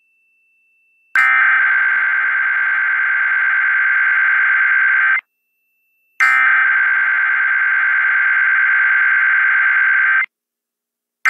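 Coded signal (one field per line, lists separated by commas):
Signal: Emergency Alert System (SAME) tones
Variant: header bursts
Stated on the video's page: South Idaho Required Monthly Tests received on two radio stations.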